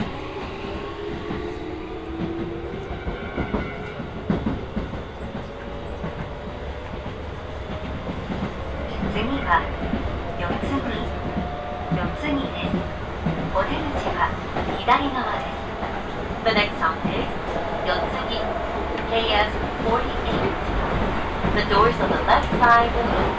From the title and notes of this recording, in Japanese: 耳で楽しむ鉄道旅 北総鉄道→都営浅草線 東松戸→人形町。正確には京成高砂から京成本線と京成押上線を通って都営浅草線に入ります。